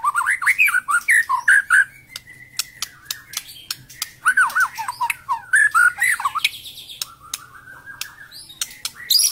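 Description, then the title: White-rumped shama song: rapid chattering whistles and clicks at first, then a long steady whistled note, followed by further varied phrases and sharp ticks. Singing recording from Medan used as a training tape to teach cage birds to sing. "Suara murai batu medan super"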